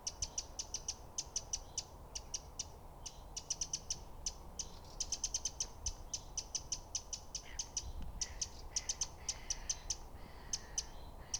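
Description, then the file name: Eurasian wren uttering hard ticking calls in dense series, with a few softer chirps near the end. "Troglodytes troglodytes"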